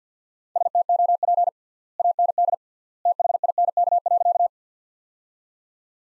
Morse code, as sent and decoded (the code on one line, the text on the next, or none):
... - --- .--. / .- -. -.. / - .... .. -. -.- .-.-.-
STOP AND THINK.